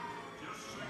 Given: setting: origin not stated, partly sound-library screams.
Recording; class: one-second piece from a danger detection set; woman in danger